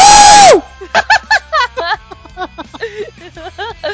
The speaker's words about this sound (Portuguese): Agora ele gritou e morreu.